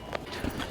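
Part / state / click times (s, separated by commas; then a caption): hood release handle and hood latch of a car / released / 0.1 s. On a 2022–2025 Subaru WRX, the interior hood release handle is pulled to unlatch the hood at the front of the car. A sharp, short click sounds at 0.15 s, followed by softer knocks around 0.45 s and 0.6 s. The hood latch releases open.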